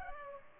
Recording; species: mosquito wingbeat signal from an infrared sensor; Culex pipiens